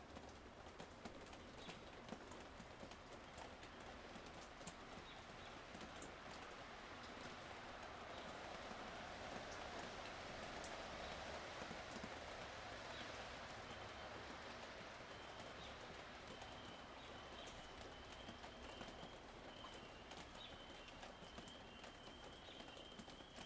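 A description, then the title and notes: Raindrops fall steadily from a roof, a dense patter of sharp ticks over a soft wash of noise that holds even throughout. Birds sing in the background, and from about fifteen seconds a thin, high bird whistle repeats in short phrases. Rain drops from the roof.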